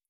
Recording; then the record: hydrophone in a shrimp aquaculture tank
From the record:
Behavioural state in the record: stressed